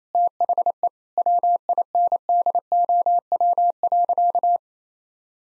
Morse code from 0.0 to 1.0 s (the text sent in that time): THE